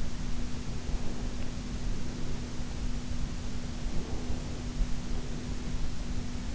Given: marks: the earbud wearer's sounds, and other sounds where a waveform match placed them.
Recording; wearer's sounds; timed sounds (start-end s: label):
sounds in sleep by an in-ear microphone; breath
0.10-3.02 s: breath
3.30-6.50 s: breath